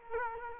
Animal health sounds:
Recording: mosquito wingbeat signal from an infrared sensor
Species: Culex quinquefasciatus

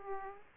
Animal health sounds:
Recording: mosquito wingbeat signal from an infrared sensor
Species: Aedes aegypti

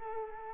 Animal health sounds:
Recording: mosquito wingbeat signal from an infrared sensor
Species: Culex quinquefasciatus

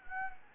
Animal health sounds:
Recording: mosquito wingbeat signal from an infrared sensor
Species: Anopheles gambiae

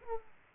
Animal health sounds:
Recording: mosquito wingbeat signal from an infrared sensor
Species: Aedes aegypti

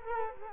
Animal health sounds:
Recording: mosquito wingbeat signal from an infrared sensor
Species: Culex quinquefasciatus

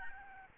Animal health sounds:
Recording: mosquito wingbeat signal from an infrared sensor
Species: Aedes albopictus

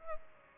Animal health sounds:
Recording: mosquito wingbeat signal from an infrared sensor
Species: Aedes albopictus

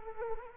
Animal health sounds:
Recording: mosquito wingbeat signal from an infrared sensor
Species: Culex quinquefasciatus

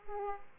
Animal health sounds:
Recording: mosquito wingbeat signal from an infrared sensor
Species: Aedes aegypti

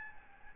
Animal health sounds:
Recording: mosquito wingbeat signal from an infrared sensor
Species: Aedes albopictus

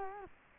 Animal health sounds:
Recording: mosquito wingbeat signal from an infrared sensor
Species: Culex quinquefasciatus

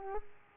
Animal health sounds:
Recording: mosquito wingbeat signal from an infrared sensor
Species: Aedes aegypti

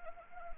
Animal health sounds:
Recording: mosquito wingbeat signal from an infrared sensor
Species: Anopheles arabiensis

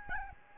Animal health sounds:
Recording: mosquito wingbeat signal from an infrared sensor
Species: Aedes albopictus

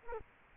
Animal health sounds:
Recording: mosquito wingbeat signal from an infrared sensor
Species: Culex quinquefasciatus

